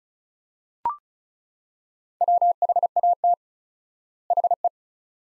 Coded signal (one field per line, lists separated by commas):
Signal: Morse code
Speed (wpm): 36 wpm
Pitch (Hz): 700 Hz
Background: none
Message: WHAT HE